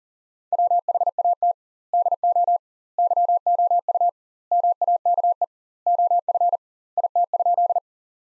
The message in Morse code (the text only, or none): WHAT DO YOU MAKE OF IT?